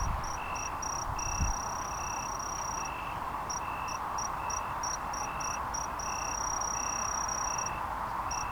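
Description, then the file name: Kinhibari cricket giving a high, pure trill in short bursts and long sustained runs, while a second lower-pitched insect pulses regularly underneath; a brief low thump near the start. Recorded on 21 June 2015. "20150621 A-kinhibari"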